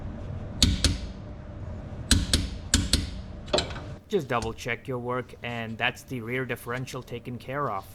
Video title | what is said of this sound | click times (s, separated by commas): BMW G01 X3 M40i Rear Differential Fluid Change - Here's What I Found | At last, I heard the satisfying clicks. | 0.6 s, 2.1 s, 2.7 s